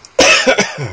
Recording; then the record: coughing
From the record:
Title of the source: Dry Afternoon Cough